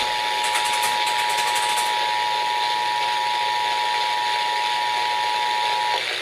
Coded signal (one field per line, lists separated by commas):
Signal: Emergency Alert System (SAME) tones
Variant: 853 and 960 Hz attention tone